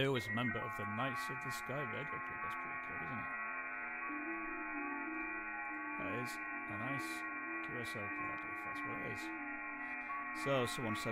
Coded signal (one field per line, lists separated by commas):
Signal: FT8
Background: speech